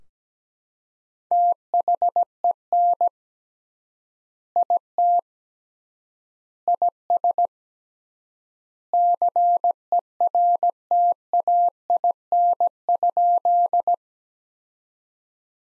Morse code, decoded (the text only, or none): THEN IT IS CERTAIN?